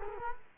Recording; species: mosquito wingbeat signal from an infrared sensor; Culex quinquefasciatus